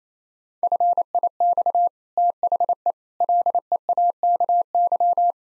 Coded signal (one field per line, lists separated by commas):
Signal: Morse code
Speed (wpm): 28 wpm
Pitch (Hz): 700 Hz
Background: none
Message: FIX THE LEAKY